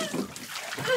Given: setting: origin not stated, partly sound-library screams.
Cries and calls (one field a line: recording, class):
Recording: one-second piece from a danger detection set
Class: woman in danger